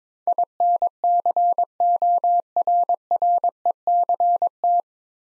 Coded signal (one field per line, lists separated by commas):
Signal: Morse code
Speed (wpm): 22 wpm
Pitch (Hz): 700 Hz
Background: none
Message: INCORRECT